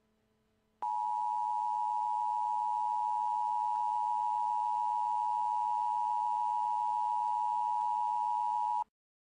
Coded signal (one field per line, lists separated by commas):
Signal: Emergency Alert System (SAME) tones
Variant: 853 and 960 Hz attention tone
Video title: EAS Scenario #12 The Weather Disaster